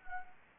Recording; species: mosquito wingbeat signal from an infrared sensor; Anopheles arabiensis